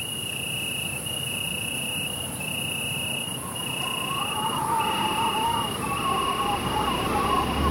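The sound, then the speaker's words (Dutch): Tree crickets chirp in a steady, continuous high-pitched trill, made by raising their wings and rubbing them rapidly together, forming an even, unbroken insect chorus that carries on throughout with a faint low rumble underneath. “Ja, we verlaten de boomkrekels en we zijn plotseling op een ijzige vlakte.”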